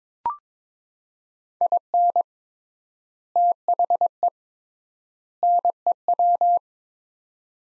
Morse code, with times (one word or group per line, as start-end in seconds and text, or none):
1.6-2.2 IN
3.4-4.3 THE
5.4-6.6 NEW